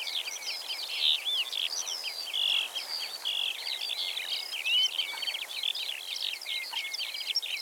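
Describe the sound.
Eurasian skylark delivering a breathless, high-pitched warble of chirps and drawn-out whistled notes, run together continuously over a light background hiss.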